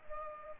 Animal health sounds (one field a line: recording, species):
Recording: mosquito wingbeat signal from an infrared sensor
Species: Culex pipiens